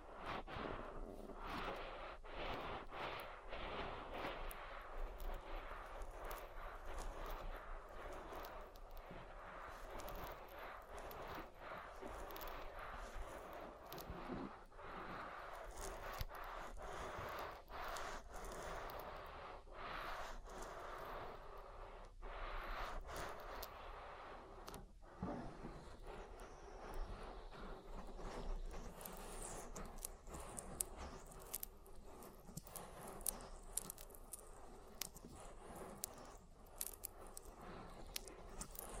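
Oily ear massage: a constant wet, squishy rubbing with countless small crackles and pops running throughout. The level stays steady, with a low hum underneath, and sharper clicks come in quick bursts, thickening around 15 to 25 seconds and again near the end.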